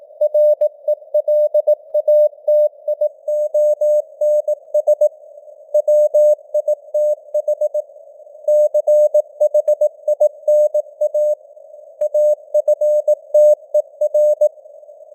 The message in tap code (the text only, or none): none